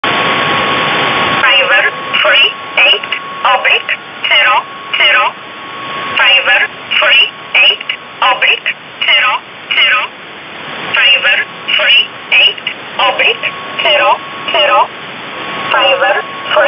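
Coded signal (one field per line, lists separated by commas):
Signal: numbers station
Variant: E11 Oblique, English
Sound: a voice reading about 20 short evenly spaced words over radio hiss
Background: radio static, faint carrier tone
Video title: 27 05 2019 E11 Oblique Numbers station in English 0900 on 7439 unknown tx site in USB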